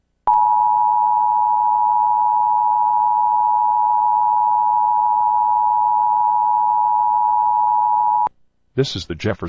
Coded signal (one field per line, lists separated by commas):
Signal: Emergency Alert System (SAME) tones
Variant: 853 and 960 Hz attention tone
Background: speech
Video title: EAS Required Monthly Test [11/8/2023]